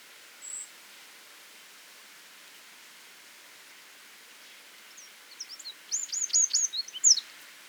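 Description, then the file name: Eurasian wren song: after a long quiet stretch with one faint high note, a short burst of rapid, sharp descending chips at the end. "Troglodytes troglodytes"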